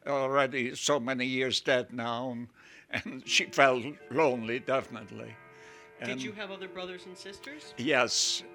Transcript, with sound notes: Already he's so many years dead now." And she felt lonely, definitely. (clock chimes in background)
Did you have other brothers and sisters?
Yes.